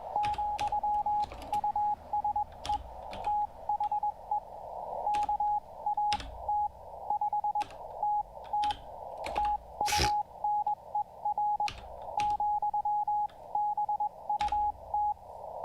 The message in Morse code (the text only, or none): , USE THE KAT5 TT TUNER, BUT